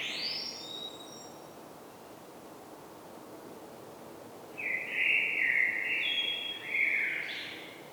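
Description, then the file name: Common blackbird song: a faint high twitter at the start, then after a quiet gap a fuller phrase of rich fluting notes ending in squeaky high flourishes. "Turdus merula"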